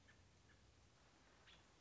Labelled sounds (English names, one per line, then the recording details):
American Robin
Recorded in Sonoma County, California